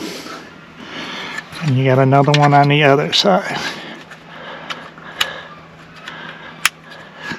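Someone talks while a second plastic retaining clip, on the other side of a 2014–2021 Toyota Tundra roof trim piece, is slid in. A few small taps and ticks come first, then a sharp click at 6.7 s as the clip seats into the trim.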